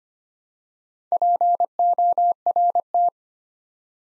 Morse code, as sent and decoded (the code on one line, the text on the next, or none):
.--. --- .-. -
PORT